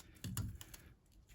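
A wiring plug is pushed onto the reversing light switch on a Ford Ka gearbox, with a few short, sharp clicks and taps between about 0.2 and 0.7 seconds. The loudest snap at 0.4 s is the plug's latch snapping shut, and a pull test confirms the connector is locked in place.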